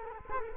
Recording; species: mosquito wingbeat signal from an infrared sensor; Culex quinquefasciatus